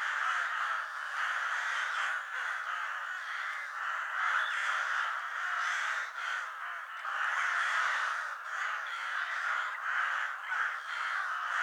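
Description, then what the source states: Crows or ravens cawing together, a steady wall of rough overlapping caws rising and falling in loudness. A flock of crows or ravens cawing.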